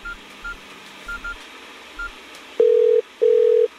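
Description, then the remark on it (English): A telephone ringing tone sounds twice in quick succession: two steady, loud, mid-pitched buzzing bursts, preceded by a few soft, low thumps. “Answer your phone.”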